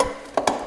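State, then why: Seated. A headlight on a Honda S600 or S800 is pushed up from underneath until its arm fits into the small indentation in the headlight housing. Two sharp clicks are heard at 0.4 s and 0.5 s over a faint background, and the arm is seated in its mounting indent.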